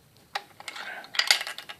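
The release on a bolt-action rifle's hinged magazine floorplate is pressed, and the floorplate pops open with a sharp metallic click at 0.4 s. Several lighter metallic hits and rattles follow through to about 1.7 s, the loudest near 1.2 s and 1.3 s. The floorplate ends up released and open.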